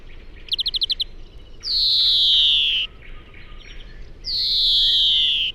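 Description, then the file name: European greenfinch giving a brief quick trill, then two long descending buzzy wheezes separated by soft twittering notes. "Chloris chloris"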